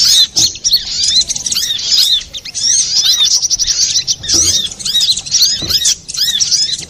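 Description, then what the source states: Little spiderhunter song, busy stream of high, squeaky chirps and quick trilled notes with a few brief pauses and soft low thuds. Master recording used for training cage birds; labelled Labaik.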